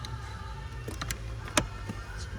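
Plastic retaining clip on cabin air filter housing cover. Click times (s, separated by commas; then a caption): 1.6 s. A plastic retaining clip on the cabin air filter housing cover behind the glove box of a Nissan NV200 is refitted by hand, with a few light taps at about 1.0 and 1.1 s. A sharp click at 1.6 s shows the clip has seated back in place.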